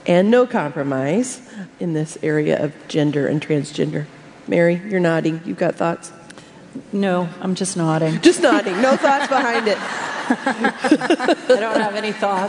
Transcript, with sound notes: and no compromise in this area of gender and transgender. Mary, you’re nodding. You have thoughts?
No, I’m just nodding. (laughter)
Just nodding! No thoughts behind it.
I don’t have any thoughts,